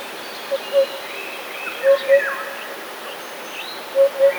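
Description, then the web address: Eurasian hoopoe giving three pairs of low soft hoots, with other birds twittering faintly behind. "wroblowe kolekcja dudek"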